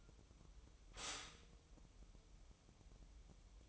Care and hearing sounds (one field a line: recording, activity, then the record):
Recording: daily activity, microphone in the room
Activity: stop toaster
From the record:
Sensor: 1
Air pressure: 988.6 hPa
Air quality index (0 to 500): 197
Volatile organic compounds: 943 ppm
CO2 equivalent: 5239 ppm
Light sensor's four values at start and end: 25/94/35/37 and 25/94/35/37